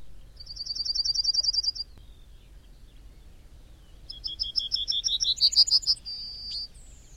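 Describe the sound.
Bird song: a fast, high, even trill of repeated notes, a pause, then a series rising in pitch that ends in a sustained thin whistle.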